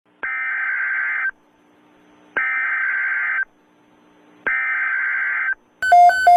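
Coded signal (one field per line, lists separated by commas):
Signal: Emergency Alert System (SAME) tones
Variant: header bursts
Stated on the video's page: Fictional EAS scenario.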